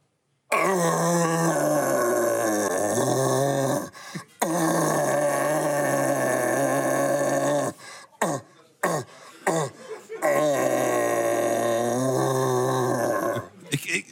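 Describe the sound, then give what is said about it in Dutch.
A human voice imitates a rutting deer's roar in a deer-call imitation contest: long, deep, groaning bellows with rich harmonics, three drawn-out calls separated by short grunting breaks, loud and without any speech. “Ik heb echt het idee dat dit hert, die was niet meer aan het lokken, maar die was wel bezig.”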